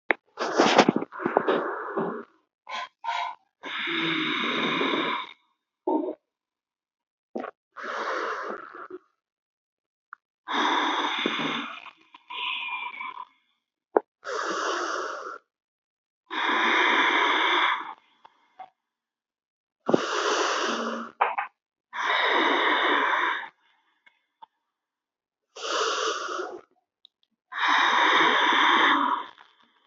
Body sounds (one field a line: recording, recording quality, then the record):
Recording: deep breathing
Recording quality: excellent, no background noise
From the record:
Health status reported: healthy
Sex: female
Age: 30 years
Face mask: not worn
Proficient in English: yes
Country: India